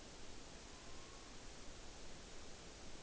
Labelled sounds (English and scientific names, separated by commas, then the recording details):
Morepork (Ninox novaeseelandiae) trill
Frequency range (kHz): Morepork (Ninox novaeseelandiae) 1.0-5.0 kHz
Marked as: faintness 5/5
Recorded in New Zealand on 9 October 2013
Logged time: 17:00
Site Ponui